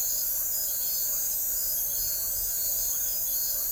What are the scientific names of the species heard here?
none